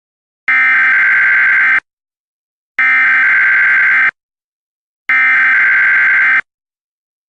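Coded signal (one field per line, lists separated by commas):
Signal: Emergency Alert System (SAME) tones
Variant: header bursts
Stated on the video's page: Fictional EAS scenario.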